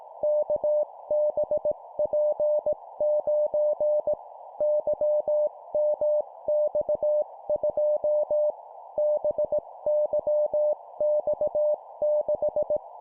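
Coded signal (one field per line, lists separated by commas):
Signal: Morse code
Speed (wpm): 18 wpm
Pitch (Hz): 600 Hz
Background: none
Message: KBP9 YMX2 BYX6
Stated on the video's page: 17 wpm Morse course drill of four-character groups: three letters and a number.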